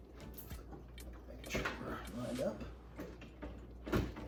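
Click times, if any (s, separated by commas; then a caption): none. A replacement icemaker for a Maytag / Whirlpool refrigerator (W10882923) is being positioned in the freezer, with its mounting pieces lined up on the freezer wall mounts before being pushed home. Someone talks over light handling knocks and scrapes, with louder contacts around 1.6 s and 3.9 s. Nothing has seated or clicked yet.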